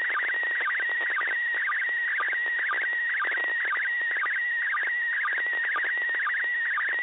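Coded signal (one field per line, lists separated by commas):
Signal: SSTV (slow-scan television)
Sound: steady warbling whistle near 1.9 kHz with short low sync chirps twice a second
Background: radio static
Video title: ISS SSTV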